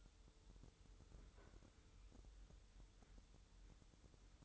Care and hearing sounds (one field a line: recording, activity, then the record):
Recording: daily activity, microphone in the room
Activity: open fridge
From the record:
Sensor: 3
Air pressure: 988.4 hPa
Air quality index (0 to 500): 194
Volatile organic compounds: 296 ppm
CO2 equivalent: 4472 ppm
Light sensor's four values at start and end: 24/76/32/27 and 24/76/32/27